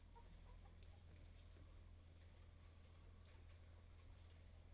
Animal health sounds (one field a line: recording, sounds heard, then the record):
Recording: poultry house recording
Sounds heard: healthy chickens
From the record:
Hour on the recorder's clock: 11